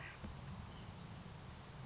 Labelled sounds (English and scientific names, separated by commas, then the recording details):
California Towhee (Melozone crissalis)
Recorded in Sonoma County, California